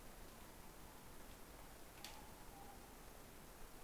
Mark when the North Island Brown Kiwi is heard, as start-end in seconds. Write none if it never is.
none